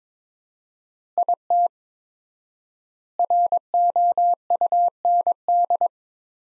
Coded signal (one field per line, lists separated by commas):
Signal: Morse code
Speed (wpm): 22 wpm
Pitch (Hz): 700 Hz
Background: none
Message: IT ROUND